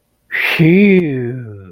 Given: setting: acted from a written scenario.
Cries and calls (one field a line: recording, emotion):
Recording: vocal sound without words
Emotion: relief